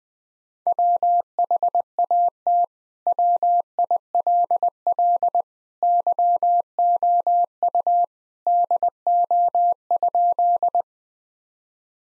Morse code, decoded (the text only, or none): WHAT WILL YOU DO?